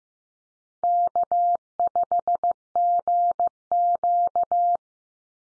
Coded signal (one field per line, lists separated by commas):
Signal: Morse code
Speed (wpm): 15 wpm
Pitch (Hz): 700 Hz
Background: none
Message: K5GQ